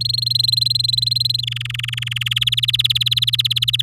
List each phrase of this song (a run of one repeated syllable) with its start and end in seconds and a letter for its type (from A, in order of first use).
0.01-1.41 A, 1.43-2.39 B, 2.41-3.82 C